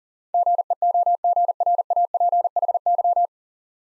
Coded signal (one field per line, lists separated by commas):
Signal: Morse code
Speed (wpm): 40 wpm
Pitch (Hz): 700 Hz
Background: none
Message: GEOGRAPHY